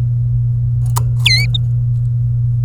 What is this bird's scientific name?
Serinus canaria